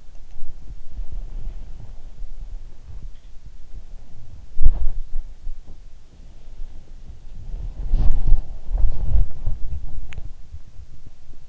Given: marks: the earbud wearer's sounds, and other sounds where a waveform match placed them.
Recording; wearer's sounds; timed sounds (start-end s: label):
sounds in sleep by an in-ear microphone; body movement
0.00-11.49 s: body movement